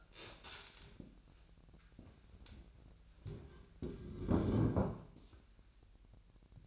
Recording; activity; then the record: daily activity, microphone in the room; stand up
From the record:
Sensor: 2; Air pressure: 1001.4 hPa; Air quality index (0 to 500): 241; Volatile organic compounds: 74 ppm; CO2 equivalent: 3554 ppm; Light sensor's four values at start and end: 10/25/10/11 and 9/20/9/9